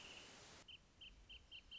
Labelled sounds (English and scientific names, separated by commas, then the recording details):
Wrentit (Chamaea fasciata)
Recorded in Sonoma County, California